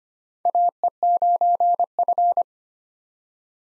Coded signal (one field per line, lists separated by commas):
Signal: Morse code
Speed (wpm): 25 wpm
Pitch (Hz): 700 Hz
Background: none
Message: AE9F